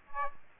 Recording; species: mosquito wingbeat signal from an infrared sensor; Aedes aegypti